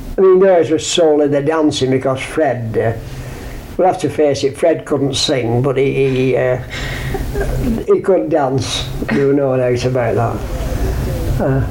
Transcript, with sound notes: I mean theirs was solely the dancing because Fred, we have to face it, Fred couldn't sing. [laughs] But he eh, he could dance. There were no doubt about that.